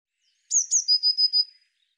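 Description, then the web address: Eurasian blue tit giving two high, thin downslurred notes followed by a steady run of four lower, even trilled notes, all within about one second. "cianscape birddata Deverinetal 2025 Bird Cy Ca"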